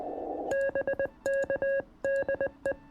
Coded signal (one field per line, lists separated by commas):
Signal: Morse code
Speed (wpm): 20 wpm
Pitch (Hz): 1650 Hz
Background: music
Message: BK DE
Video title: AMAZING YOUNG LADY CATHY W4CMG U.S.A. | WOMEN ON THE RADIO | YOUNG LADIES LOVE HAM RADIO